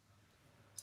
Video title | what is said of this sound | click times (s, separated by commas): Machine Men - Gobots - Robo Machines - Machine Robo live stream! Wave 1 / Series 1 / Part 1 | And it snapped into place like that. | 0.8 s